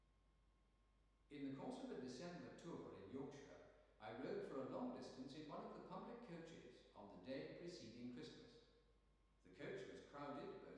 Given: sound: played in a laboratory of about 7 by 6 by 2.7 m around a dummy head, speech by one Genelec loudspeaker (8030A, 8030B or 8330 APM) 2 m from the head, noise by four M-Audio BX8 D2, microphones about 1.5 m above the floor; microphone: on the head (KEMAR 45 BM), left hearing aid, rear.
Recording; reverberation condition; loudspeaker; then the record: male speech in English; high; 150 degrees to the right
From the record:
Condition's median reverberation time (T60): about 1300 ms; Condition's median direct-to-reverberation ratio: about -4.0 dB